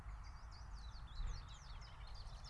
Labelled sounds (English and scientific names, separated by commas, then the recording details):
Common Blackbird (Turdus merula)
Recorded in Germany
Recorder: ecoPi